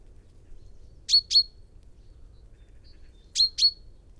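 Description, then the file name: Common chaffinch uttering two quick sharp chips, then after a pause another identical pair. "Fringilla coelebs"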